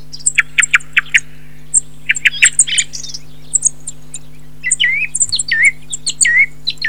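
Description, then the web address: Thrush song of clipped chirps and high ticks, then a quiet gap, then several looping whistled notes that rise and fall, heard over a steady low drone. Recording filtered. "FILTERED 026 TORDO"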